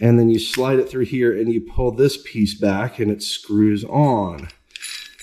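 Someone talks while fitting a Spyder Tarantula carbide hole saw bit onto its quick-change arbor, sliding it through and pulling back the metal collar so the bit screws on, with light metallic handling sounds. The clip ends before the collar is released, so nothing has seated or clicked yet.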